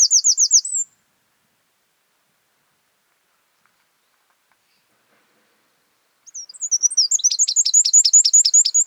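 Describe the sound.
Northern wren song: the end of a rapid high trill, a long silence, then a new burst of quick, sharp, repeated notes starting again.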